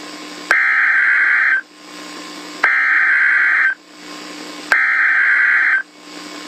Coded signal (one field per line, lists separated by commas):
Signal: Emergency Alert System (SAME) tones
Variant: header bursts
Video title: Tornado warning in Gacha life